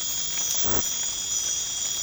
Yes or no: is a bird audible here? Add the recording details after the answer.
no. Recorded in pastures near Puerto Asís, Putumayo, Colombia, on 12 March 2025 at 00:00. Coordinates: 0.502, -76.324. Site GP07